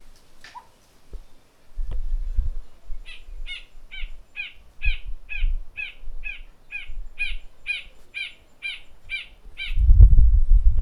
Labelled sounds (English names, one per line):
Spot-flanked Barbet